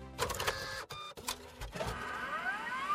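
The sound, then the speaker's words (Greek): A 3D printer runs with whirring motors and buzzing, whining tones that shift and climb in pitch, broken by a couple of brief pauses. No one speaks. “Ο εκτυπωτής τρισδιάστατων αντικειμένων εισβάλλει στο χώρο της τεχνολογίας και σιγά σιγά στην καθημερινότητά μας.”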